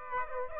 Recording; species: mosquito wingbeat signal from an infrared sensor; Aedes aegypti